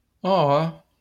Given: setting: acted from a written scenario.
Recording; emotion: vocal sound without words; adoration